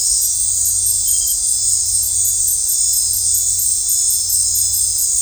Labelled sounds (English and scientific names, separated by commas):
none